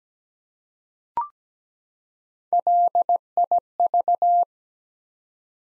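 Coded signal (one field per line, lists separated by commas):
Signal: Morse code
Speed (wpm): 17 wpm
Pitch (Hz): 700 Hz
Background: none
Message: LIV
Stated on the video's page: Morse practice at 17 wpm, common US names of up to five letters for head-copy, each sent, spoken, then sent again.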